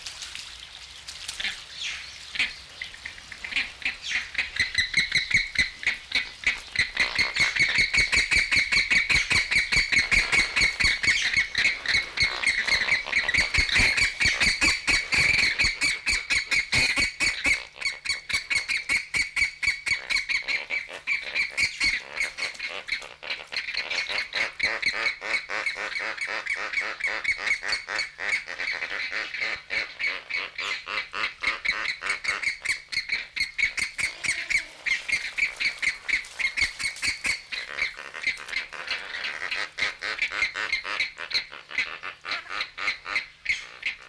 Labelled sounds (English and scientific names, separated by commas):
Puna Ibis (Plegadis ridgwayi)